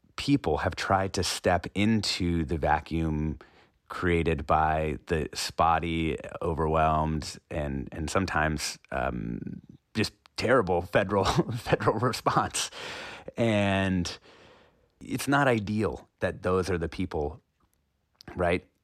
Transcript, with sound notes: people have tried to step into the vacuum created by the spotty, overwhelmed and sometimes just terrible federal response (laughter). And it's not ideal that those are the people, right?